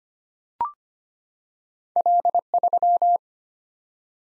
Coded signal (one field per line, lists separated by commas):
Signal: Morse code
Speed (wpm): 25 wpm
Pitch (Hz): 700 Hz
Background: none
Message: L3